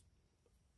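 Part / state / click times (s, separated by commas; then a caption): replaceable blade carrier into small utility knife handle / not seated / none. A replaceable blade carrier, with its blade flipped around, is lined up and pushed toward the plastic body of a small HART 4-in-1 utility knife. Only low, quiet handling noise is heard with no sharp transients, and nothing has seated or clicked yet.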